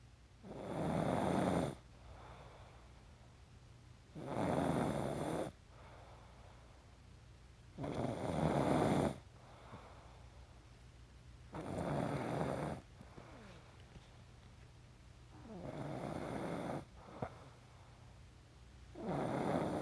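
An adult sleeper snores: six loud, rough snores come at steady intervals, about 16 a minute, each lasting one to one and a half seconds, with quiet breathing in the gaps between them.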